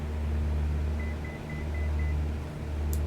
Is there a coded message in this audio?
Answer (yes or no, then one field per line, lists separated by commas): no